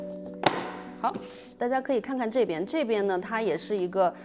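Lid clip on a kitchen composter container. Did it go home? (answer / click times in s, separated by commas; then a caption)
yes / 0.5 s. After activated carbon is added, the lid of a kitchen composter container is closed and fastened with a plastic clip that fits over two small round posts. The clip snaps shut with one sharp, loud click at 0.5 s, over steady background music. Someone then talks from about 1.6 s to the end.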